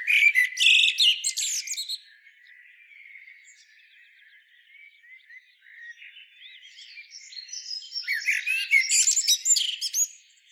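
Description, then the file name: Common blackbird gives busy high chirping and squeaky notes at the start, a faint thin twitter through the middle, and a louder chattering burst near the end. "Turdus merula"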